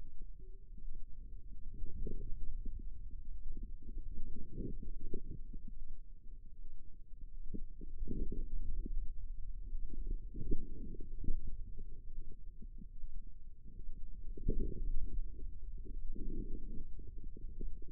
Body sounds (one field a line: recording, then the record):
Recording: forearm muscle sounds (acoustic myography)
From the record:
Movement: radial deviation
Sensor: system 2, bracelet of six BSWA MPA416 microphones around the upper forearm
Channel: 1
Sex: female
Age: 25 years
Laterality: right